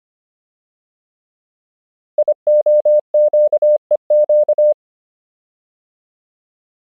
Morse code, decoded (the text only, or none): IOQEQ